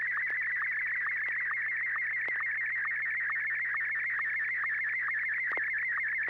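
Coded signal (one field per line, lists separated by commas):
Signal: SSTV (slow-scan television)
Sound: continuous warbling, chirping tone with rapid regular ticks, like a scanning image signal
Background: low electrical hum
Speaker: This is Kilo India 1 Tango Tango Yankee.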